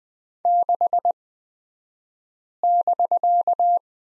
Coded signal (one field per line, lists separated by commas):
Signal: Morse code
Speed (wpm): 20 wpm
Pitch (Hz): 700 Hz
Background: none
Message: 6<BK>